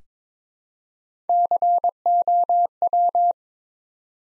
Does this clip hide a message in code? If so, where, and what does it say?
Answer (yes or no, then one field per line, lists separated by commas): yes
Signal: Morse code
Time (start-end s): 1.3-3.3 s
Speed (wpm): 22 wpm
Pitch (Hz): 700 Hz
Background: none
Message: COW